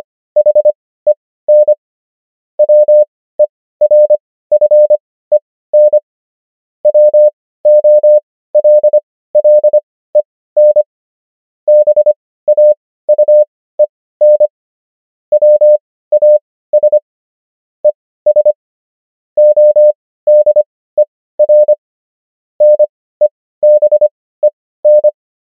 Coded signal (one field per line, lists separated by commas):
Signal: Morse code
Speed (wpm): 25 wpm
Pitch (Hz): 600 Hz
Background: none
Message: HEN WERFEN WOLLEN BAUEN WAS ES ODER NEBEN